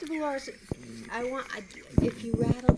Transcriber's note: disturbance to the microphone